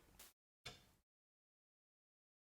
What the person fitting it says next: we got the click and now we're locked back in again